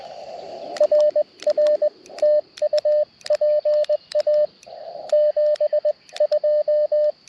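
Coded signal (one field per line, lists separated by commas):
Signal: Morse code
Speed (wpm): 20 wpm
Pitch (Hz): 600 Hz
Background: radio noise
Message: RR TU PA 72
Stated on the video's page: QRP CW from a Parks on the Air activation on 30 meters with a nearly constant pileup, using a TX-500 or Elecraft KX2.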